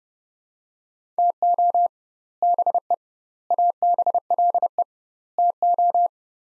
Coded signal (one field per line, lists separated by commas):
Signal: Morse code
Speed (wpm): 30 wpm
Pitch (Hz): 700 Hz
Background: none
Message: TO BE ABLE TO